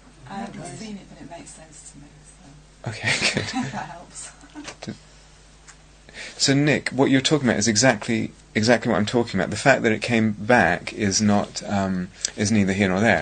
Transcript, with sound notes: I haven't seen it, but it makes sense to me, if that helps! [laughs]
So Nick, what you're talking about is exactly what I'm talking about. The fact that it came back is neither here nor there.